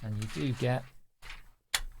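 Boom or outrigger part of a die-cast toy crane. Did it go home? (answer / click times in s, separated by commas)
yes / 1.8 s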